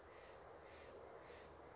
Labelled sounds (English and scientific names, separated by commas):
Steller's Jay (Cyanocitta stelleri)